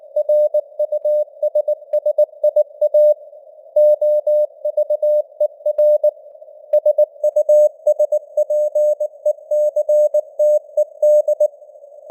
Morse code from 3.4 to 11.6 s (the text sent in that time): OVER SUSPECTED